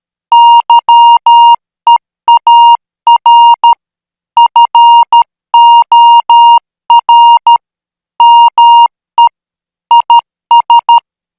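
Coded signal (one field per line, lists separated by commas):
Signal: Morse code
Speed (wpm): 13 wpm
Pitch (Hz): 940 Hz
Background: music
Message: YEAR FOR ME IS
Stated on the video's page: Morse code practice signal at 12 words per minute.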